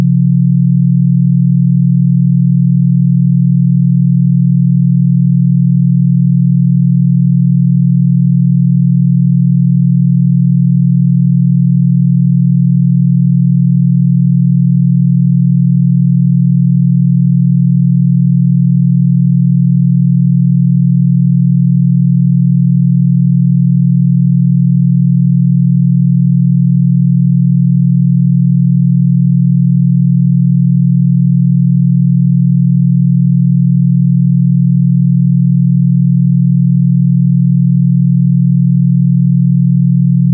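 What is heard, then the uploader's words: A clean 40 Hz binaural beat: a single low, smooth tone that holds perfectly steady for the full forty seconds. Its loudness never changes, and nothing else is heard, with no background noise, no clicks and no other sounds. Clean 40 Hz Binaural Beat.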